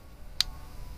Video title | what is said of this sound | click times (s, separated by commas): Como cambiar la batería de la llave del Versa 2012-2023 | haga clic y ahí hizo clic sonó el clic | 0.4 s